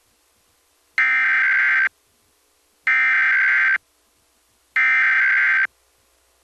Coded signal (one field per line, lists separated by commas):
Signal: Emergency Alert System (SAME) tones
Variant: header bursts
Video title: Emergency Alert System | Iowa Required Monthly Test (RMT) | 5/2/2018